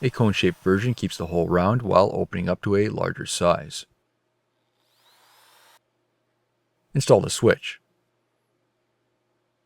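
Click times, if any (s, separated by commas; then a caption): none. An auxiliary light switch is being handled for installation into a hole drilled in a plastic truck dash panel, where clips on its sides will snap it into place with no fasteners needed. Someone talks for about four seconds, then a faint, thin whirring runs from about 5.5 to 5.8 seconds before the talking briefly resumes. Nothing has seated or clicked yet.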